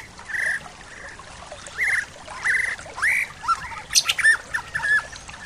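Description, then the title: Bird gives repeated harsh, squawky mid-pitched notes, then a quick run of higher sharp chirps. "SuaraBurung Kicau"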